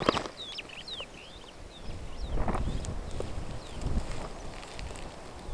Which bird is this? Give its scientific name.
Lamprotornis superbus